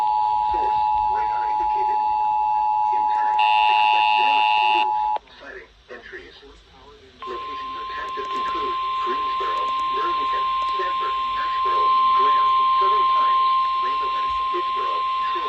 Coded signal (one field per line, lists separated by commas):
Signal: Emergency Alert System (SAME) tones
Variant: 853 and 960 Hz attention tone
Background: speech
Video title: Severe Weather EAS Alerts Part 2 (EAS 85 - 113)